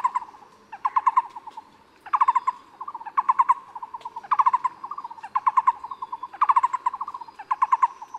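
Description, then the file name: Taiwan barbet song, hollow pulsing low trills delivered in repeated bursts, continuing throughout. Recorded at Yushan. "五色鳥"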